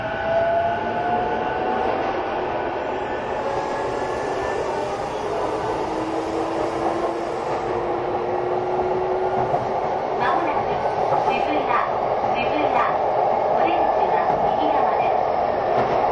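A train runs steadily with a constant rumble and gliding whine tones early on, then rapid rhythmic clicks of wheels over rail joints after ten seconds.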